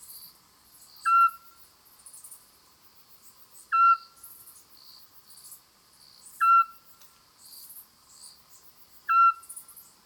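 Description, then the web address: Eurasian scops owl giving four short whistled notes, evenly repeated every few seconds, over a continuous cricket chorus. Female bird, song or call. "rapaci notturni canto verso femmina assiolo otus scops owl petit duc-scops autillo europeo zwergohreule"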